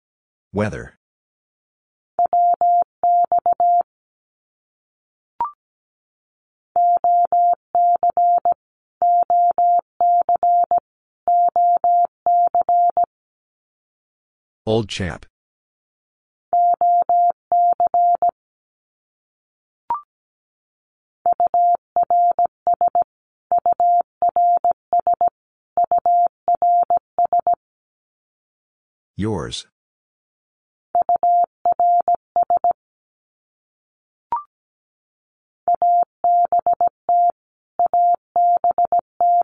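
Morse code beeps out as a steady mid-pitched tone keyed in bursts of short and long pulses, grouped into runs of about three seconds. Roughly every fourteen seconds a sharp sweeping chirp breaks in, and faint clicks fall between some groups.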